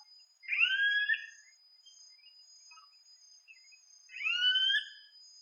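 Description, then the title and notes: Yellow-headed caracara calling twice, each call a rising, hoarse whine about a second long, separated by a pause of a few seconds, over a constant high tone. "Carrapateiro Yellow-headed Caracara (Milvago chimachima)"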